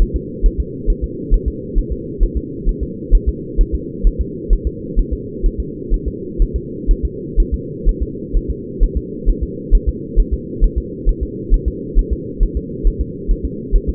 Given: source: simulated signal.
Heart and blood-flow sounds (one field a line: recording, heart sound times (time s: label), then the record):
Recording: fetal heart sounds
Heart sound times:
0.02 s: S1
0.16 s: S2
0.46 s: S1
0.60 s: S2
0.90 s: S1
1.04 s: S2
1.34 s: S1
1.48 s: S2
1.78 s: S1
1.92 s: S2
2.23 s: S1
2.37 s: S2
2.69 s: S1
2.83 s: S2
3.15 s: S1
3.29 s: S2
3.61 s: S1
3.75 s: S2
4.07 s: S1
4.21 s: S2
4.53 s: S1
4.67 s: S2
4.99 s: S1
5.13 s: S2
5.46 s: S1
5.60 s: S2
5.94 s: S1
6.08 s: S2
6.42 s: S1
6.56 s: S2
6.91 s: S1
7.05 s: S2
7.40 s: S1
7.54 s: S2
7.89 s: S1
8.03 s: S2
8.37 s: S1
8.51 s: S2
8.83 s: S1
8.97 s: S2
9.29 s: S1
9.43 s: S2
9.75 s: S1
9.89 s: S2
10.20 s: S1
10.34 s: S2
10.64 s: S1
10.78 s: S2
11.09 s: S1
11.23 s: S2
11.54 s: S1
11.68 s: S2
11.99 s: S1
12.13 s: S2
12.43 s: S1
12.57 s: S2
12.87 s: S1
13.01 s: S2
13.31 s: S1
13.45 s: S2
13.75 s: S1
13.89 s: S2
From the record:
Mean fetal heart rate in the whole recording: 130 bpm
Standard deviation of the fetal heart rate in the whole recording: 4 bpm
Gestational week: 38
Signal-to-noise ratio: -4.1 dB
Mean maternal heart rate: no maternal heart sound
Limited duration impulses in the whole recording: absent